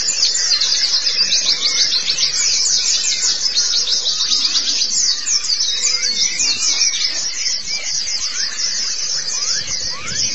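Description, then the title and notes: White-eye song, an unbroken sheet of shrill, rapid twittering, with separate lower rising whistles heard now and then. "Kicauan Burung Pleci Durasi Panjang. Suara kicauan burung pleci"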